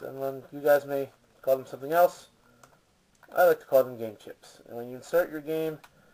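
Someone talks while handling the game card slot cover on a PlayStation Vita handheld game console, with a couple of faint, brief taps in a quiet gap around 2.6 and 3.2 seconds. The cover is being handled but has not clicked shut yet, and nothing has seated.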